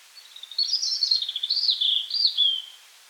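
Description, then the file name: European robin song, one sweet, thin, liquid phrase of rapid wavering high notes, rising and falling before trailing off into a fine whistle. "rotkehlchen"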